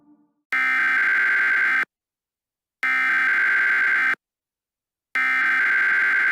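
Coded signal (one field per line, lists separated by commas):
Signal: Emergency Alert System (SAME) tones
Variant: header bursts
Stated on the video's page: Fictional EAS scenario.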